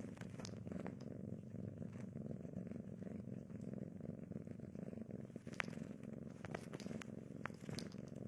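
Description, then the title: Cat giving a steady rumbling purr, with occasional sharp ticks and clicks in the second half. Domestic cat heard eating, sleeping and playing. "正经的猫片：猫咪进食、睡觉、玩耍的声音"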